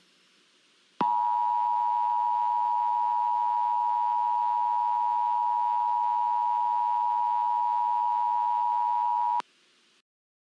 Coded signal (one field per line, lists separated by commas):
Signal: Emergency Alert System (SAME) tones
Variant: 853 and 960 Hz attention tone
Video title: EAS Scenario: The Ultimate Hurricane